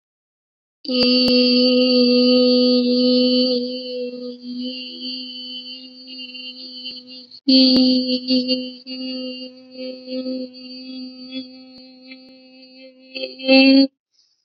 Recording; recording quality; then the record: sustained vowel as in beet; excellent, no background noise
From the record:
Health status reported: healthy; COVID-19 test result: not tested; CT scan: not taken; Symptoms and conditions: none ticked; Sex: female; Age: 23 years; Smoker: no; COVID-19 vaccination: both doses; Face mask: not worn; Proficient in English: yes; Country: India